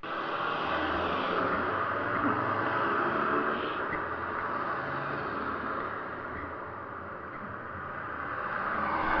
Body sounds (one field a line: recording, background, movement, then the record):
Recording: throat clearing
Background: traffic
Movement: sitting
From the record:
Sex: female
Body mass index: 25.5 kg/m2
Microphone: on the chest, facing the body